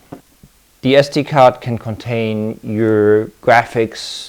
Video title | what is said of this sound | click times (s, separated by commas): YoloBox Mini - Live streaming in a small package | with a quick press until we have positive click and the | 0.1 s